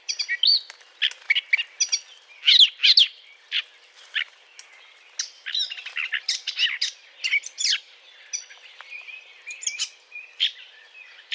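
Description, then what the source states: Eurasian blackcap song, short bursts of sharp, varied warbling notes spaced irregularly, some louder slurred phrases standing out, with light background hiss. Courtship song.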